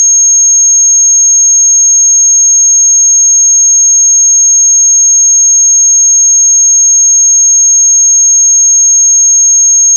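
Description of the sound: A steady, continuous 6500 Hz pure tone from a tone generator, used for tinnitus determination by matching the pitch of one's tinnitus.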